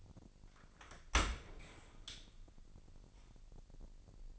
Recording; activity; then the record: daily activity, microphone in the room; open dishwasher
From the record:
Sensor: 5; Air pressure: 1000.7 hPa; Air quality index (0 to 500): 248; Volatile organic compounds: 34 ppm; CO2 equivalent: 3047 ppm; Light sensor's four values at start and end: 31/72/29/27 and 31/72/29/27